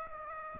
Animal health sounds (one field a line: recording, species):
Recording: mosquito wingbeat signal from an infrared sensor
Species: Aedes aegypti